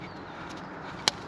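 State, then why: Seated. During a BMW diesel injector and new seal install, a fitting on the injector, likely the fuel return line connector, is pushed on by hand. Over a low steady hiss, a single sharp, bright click rings out at 1.1 s. The fuel line connector seats onto the diesel injector.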